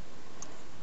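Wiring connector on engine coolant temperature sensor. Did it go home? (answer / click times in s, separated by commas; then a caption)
released / 0.4 s. On a Hyundai i30 MK2 with the G4FA engine, the locking clip on the plastic electrical connector of the engine coolant temperature sensor is pressed to release the connector. A single short, sharp click sounds at 0.4 s over a steady hiss. The clip releases and the connector comes free.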